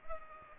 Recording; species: mosquito wingbeat signal from an infrared sensor; Culex pipiens